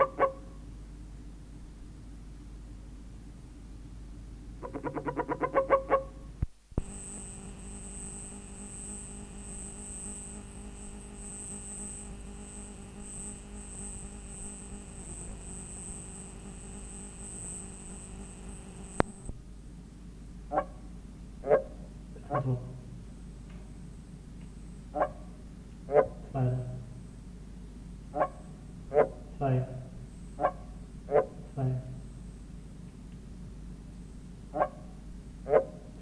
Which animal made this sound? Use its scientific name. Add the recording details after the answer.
Rana arvalis. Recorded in captivity. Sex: diverse. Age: adult. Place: Museum für Naturkunde Berlin, Berlin, DE. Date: 1965-04-02. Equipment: Smaragd. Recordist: Günther, Rainer